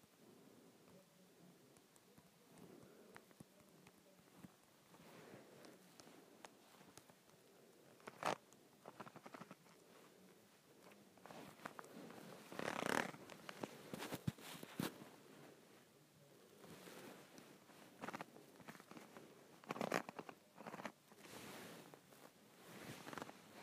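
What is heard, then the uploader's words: A handle is twisted and turned, giving a rough, scraping rattle that rises and falls unevenly throughout. Sharp clicks and knocks break through now and then, most clearly around 8, 13, 14, 20 and 23 seconds, with quieter grinding between them. ASMR Twisting and Turning a Handle.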